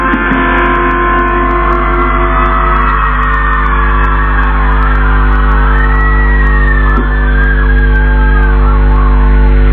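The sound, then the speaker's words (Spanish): A dense wall of young fans screaming and shouting at a concert goes on without a break, loud and steady, with a few high wavering shrieks rising above the continuous roar; the screams come each time the performer moves toward the front of the stage. “Sonido el que ustedes escuchan, el de los gritos constantes, el del club de fans, el de la juventud entera, que ha venido esta noche.”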